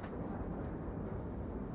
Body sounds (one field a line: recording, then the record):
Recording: background sound without coughing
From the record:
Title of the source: Train Ride Ambience ambient white noise for sleeping, focus, studying, reading